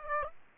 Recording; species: mosquito wingbeat signal from an infrared sensor; Aedes aegypti